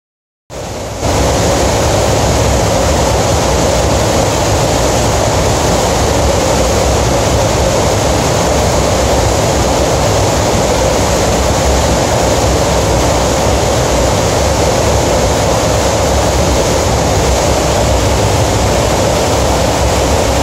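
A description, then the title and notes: A waterfall roars in a dense, unbroken wash of rushing water that fills the whole range from low rumble to bright hiss. After a brief silent start it rises within a second to full level and then holds steady and constant, with no other sounds breaking through. Kozjak waterfall in Slovenia.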